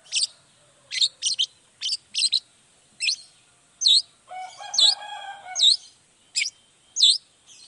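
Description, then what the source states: Long-tailed shrike song: sharp chips and bright V-shaped whistled notes about once a second. A harsh buzzy nasal phrase interrupts midway. Cendet in full 'gacor' song in the morning, 'toet toet' sound variation; played once to make other shrikes respond quickly and agitatedly.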